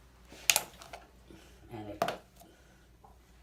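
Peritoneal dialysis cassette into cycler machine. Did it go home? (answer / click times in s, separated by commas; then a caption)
yes / 0.5 s. A peritoneal dialysis cassette is fitted up under the knobs in a cycler machine, where it goes in only one way, and it seats with a sharp click at 0.5 s. Someone talks around it.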